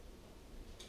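A plastic scrubber head from a Rubbermaid extendable scrubber is locked onto its extendable aluminum pole handle. A soft, sharp click sounds at 0.8 s above a low, steady background. The head is seated on the handle.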